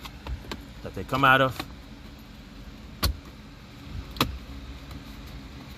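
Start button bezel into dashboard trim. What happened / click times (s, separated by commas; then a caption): The plastic trim piece snapped into its opening / 3.0 s, 4.2 s. During a blower motor replacement on a 2015-and-up Nissan Rogue, a plastic start-button bezel is pressed into its dashboard trim opening while someone talks. Two sharp snaps ring out at 3.0 s and 4.2 s, and the bezel is seated in the dash.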